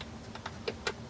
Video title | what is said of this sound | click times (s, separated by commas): 테슬라 모델 Y 고속 주행 능력은...? (최고속도?, 구매시 고려사항, 주식...) | nice clicking sound, soft dampened, so indeed more and more premium | 0.0 s, 0.4 s, 0.5 s, 0.7 s, 0.9 s